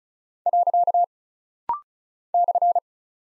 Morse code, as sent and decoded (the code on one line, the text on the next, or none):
.-.-.- / -..-.
. /